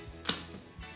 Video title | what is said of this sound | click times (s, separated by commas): DRYBAR HAIR CURLING IRON-Such a good tools for hair great investment @sheymor9926 | Make sure you can hear the clicking sounds. There you go. | 0.3 s